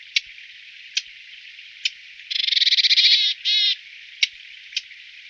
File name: Sykora luzni Parus montanus